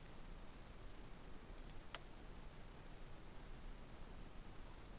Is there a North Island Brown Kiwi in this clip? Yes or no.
no